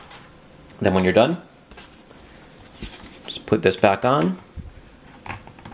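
A plastic bottom cover is handled as it is put back onto the chassis of an Acer Aspire R11 convertible notebook after a RAM upgrade, while someone talks. Faint taps and light handling noises sit between the talking. Nothing has seated or clicked yet; the cover's retaining clips have not snapped into place.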